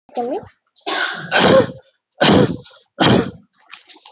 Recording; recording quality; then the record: shallow voluntary cough; moderate, slight background noise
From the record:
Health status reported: COVID-19 positive, moderate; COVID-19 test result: positive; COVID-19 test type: RT-PCR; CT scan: not taken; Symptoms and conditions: diabetes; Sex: male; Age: 48 years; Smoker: yes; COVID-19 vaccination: none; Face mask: not worn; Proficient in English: yes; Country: India